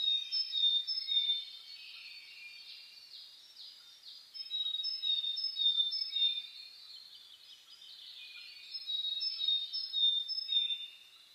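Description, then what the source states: Birds singing together at dawn, a thick layer of high twittering and clear whistled notes, rising and falling in waves of activity throughout. Dawn chorus (reimei) of birdsong (saezuri) recorded on 10 May 2010.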